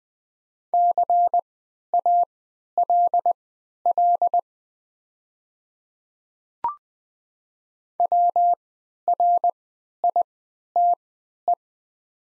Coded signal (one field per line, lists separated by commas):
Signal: Morse code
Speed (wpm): 20 wpm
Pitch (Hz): 700 Hz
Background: none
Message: CALL WRITE